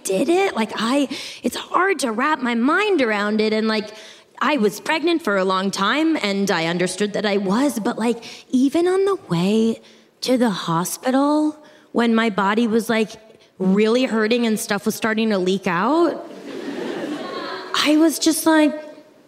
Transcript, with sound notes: Like, it's hard to wrap my mind around it. And, like, I was pregnant for a long time, and I understood that I was. But, like, even on the way to the hospital, when my body was, like, really hurting and stuff was starting to leak out...
(LAUGHTER)
I was just like,